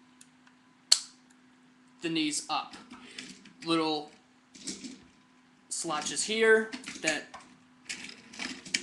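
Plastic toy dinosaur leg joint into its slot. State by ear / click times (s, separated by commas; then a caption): seated / 8.8 s. On a 1993 Bandai Power Rangers Deluxe Megazord, the knees of the plastic Tyrannosaurus figure are bent up and pushed into small slots while someone talks, with a sharp tap near 0.9 s. A crisp click at 8.8 s marks the leg joint seating into its slot, finishing the step.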